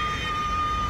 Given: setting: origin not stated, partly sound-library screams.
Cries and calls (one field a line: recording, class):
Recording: one-second piece from a danger detection set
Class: woman in danger